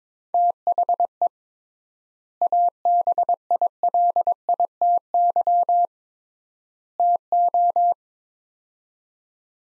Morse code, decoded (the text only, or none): THE ABILITY TO